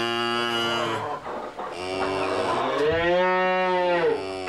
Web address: cow mooing in a barn hens in bg animal cattle